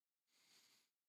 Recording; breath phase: one breath near a microphone; inhalation